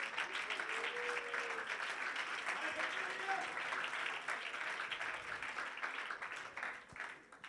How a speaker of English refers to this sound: Would you clap your hands unto the Lord in this place?